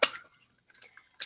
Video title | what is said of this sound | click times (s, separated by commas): The Be Kiinde to Yourself Show - Fresh 48 - February 2019 | snap it right on and feed from it and now | 0.0 s